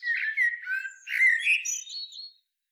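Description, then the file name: Eurasian blackbird song phrase: rich warbled notes sliding around the middle range, rising into thinner, higher twittering that fades out after about two and a half seconds. "Turdus merula"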